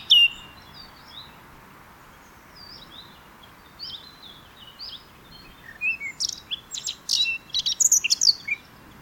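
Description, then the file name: Eurasian blackcap song: one loud note, then a few soft, scattered high notes, then a louder, quick warbling burst of twittering and whistled slurs in the last few seconds. "Sylvia atricapilla"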